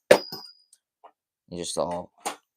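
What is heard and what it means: A support pole is pushed into the base of a Halloween animatronic during assembly. A sharp metallic clang opens the clip at 0.1 s with a bright ringing tone, then a faint tick at 0.7 s and a soft knock near 1.1 s, while someone talks. The pole has not yet snapped into place, and nothing has seated or clicked yet.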